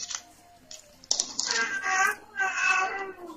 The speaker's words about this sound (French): L'enfant est en train de pleurer. Ce n'est pas Isaac qui est mis sur le trône du sacrifice qui pleure comme ça.